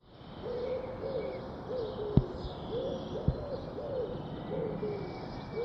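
Bird cooing softly in low, rounded notes repeated over background hiss, with two sharp clicks partway through.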